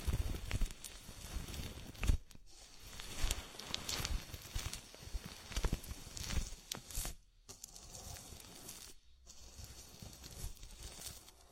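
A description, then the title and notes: Wet rubbing and squelching from a body oil massage, made of dense, uneven slaps and slick clicks with no steady rhythm. The sound drops out briefly a few times, around two, seven and nine seconds, before the slippery handling resumes. Body oil massage and bubble bath.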